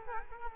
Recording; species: mosquito wingbeat signal from an infrared sensor; Culex quinquefasciatus